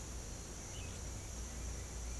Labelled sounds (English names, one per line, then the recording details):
none
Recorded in secondary vegetation near Puerto Asís, Putumayo, Colombia, on 18 December 2024 at 07:00
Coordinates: 0.468, -76.324
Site G095